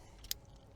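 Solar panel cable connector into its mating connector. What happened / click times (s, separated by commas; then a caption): The cable connector clicked home / 0.3 s. Two halves of a plastic MC4-style solar panel cable connector are pushed together while wiring panels in parallel, after an earlier attempt gave no audible click. A faint tick at 0.2 s is followed by a sharp, bright click at 0.3 s against a low background hum, and the connector is seated.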